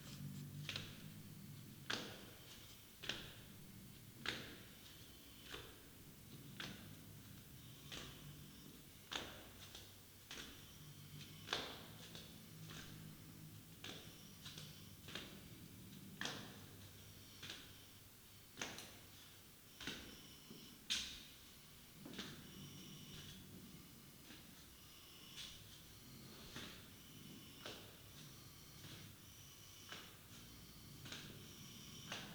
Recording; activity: daily activity, guitar pickup as the sensor; go downstairs